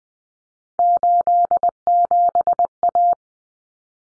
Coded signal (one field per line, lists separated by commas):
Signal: Morse code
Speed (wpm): 20 wpm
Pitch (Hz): 700 Hz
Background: none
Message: 87A